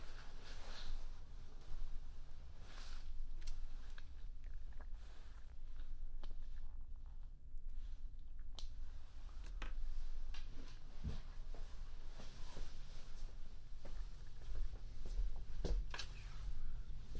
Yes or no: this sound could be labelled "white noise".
no